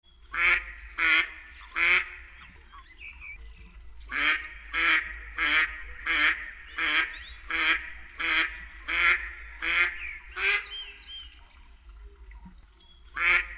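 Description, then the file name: Mallard calling with a steady run of loud, rasping quacks, about one every two-thirds of a second, with a brief pause early on and one last quack at the end. "krzyzowka"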